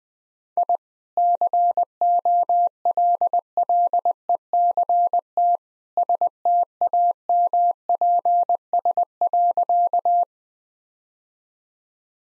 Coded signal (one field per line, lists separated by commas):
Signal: Morse code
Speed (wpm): 20 wpm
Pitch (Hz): 700 Hz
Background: none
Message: I COLLECT STAMPS.